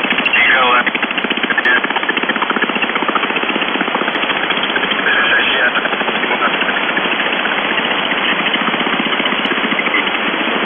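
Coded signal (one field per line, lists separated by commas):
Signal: channel marker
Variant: UVB-76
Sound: harsh, steady rasping buzz, like a jackhammer, with a brief faint voice-like warble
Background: radio static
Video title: The Buzzer/UVB-76(4625Khz) November 8, 2021 10:00UTC Voice message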